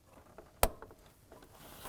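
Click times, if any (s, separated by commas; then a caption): 0.6 s. On a 2004-2009 Subaru Outback, the passenger side cooling fan electrical connector is lined up by its two small tabs and pushed onto the plastic fan harness plug. A sharp, bright click at 0.6 s stands out above a few faint handling taps and rustles. The connector is seated.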